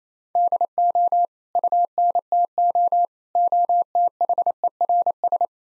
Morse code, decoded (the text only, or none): DO UNTO OTHERS